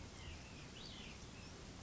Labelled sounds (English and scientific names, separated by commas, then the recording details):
White-breasted Nuthatch (Sitta carolinensis)
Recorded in Sonoma County, California